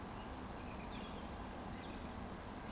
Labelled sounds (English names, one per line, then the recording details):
Eurasian Woodcock whistle
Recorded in Baden-Württemberg, Germany, on 12 June 2020 at 19:52 UTC
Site 14569, 102 m above sea level